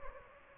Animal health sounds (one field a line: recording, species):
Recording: mosquito wingbeat signal from an infrared sensor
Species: Anopheles gambiae